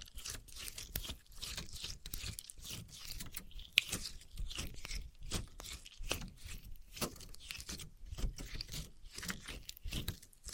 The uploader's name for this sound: Wood vs Cork, Sponge vs Foam, Glass vs Plastic